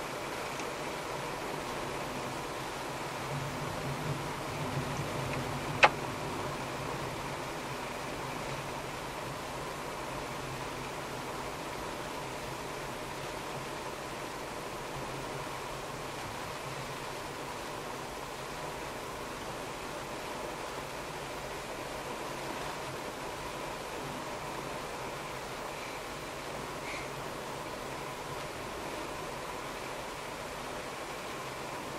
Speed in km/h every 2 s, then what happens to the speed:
50, 51, 52, 52, 52, 50, 50, 50, 50, 51, 51, 51, 52, 52, 53, 52.
0-32 steady at about 51.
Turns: none.